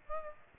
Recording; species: mosquito wingbeat signal from an infrared sensor; Aedes aegypti